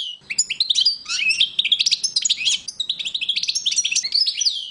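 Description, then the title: European goldfinch song: a fast, continuous tinkling run of twittering, liquid notes and buzzy trills, bright and high, with barely a pause across the stretch. "chardonneret"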